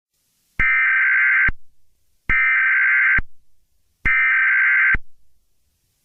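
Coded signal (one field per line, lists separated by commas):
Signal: Emergency Alert System (SAME) tones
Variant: header bursts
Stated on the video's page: Fictional EAS scenario, a mock alert for a story series.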